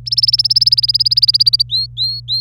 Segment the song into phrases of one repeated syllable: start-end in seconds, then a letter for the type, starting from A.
0.06-1.62 A, 1.69-2.41 B